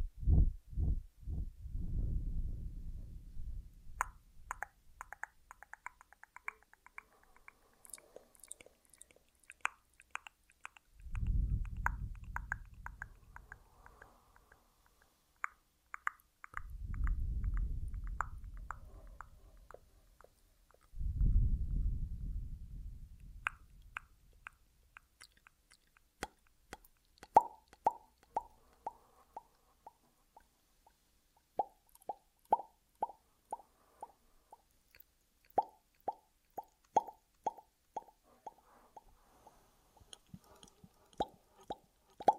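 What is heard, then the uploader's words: Echoed ASMR triggers: deep booming thuds at about 0, 11, 17 and 21 seconds, between bursts of crisp clicks and taps, then rhythmic tapping. ASMR Echoed Triggers.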